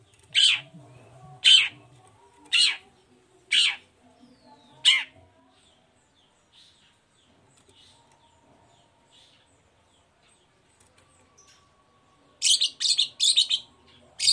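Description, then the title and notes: Long-tailed shrike: five loud harsh chips about one second apart, a long quiet gap, then a rapid cluster of scratchy notes. Cendet singing in the morning in a varied 'toet toet' style, used as a lure to provoke other shrikes into answering and singing along. "Langsung NYAUTTTTT ! Cendet Gacor Dor Di Kala Pagi Toet Toet Variasi Suara. Pancingan Emosi Cendet Gacor Full Variasi Toet Toet Bikin Nyaut Cendet Lain Langsung Ikutan Bunyi. Burung cendet"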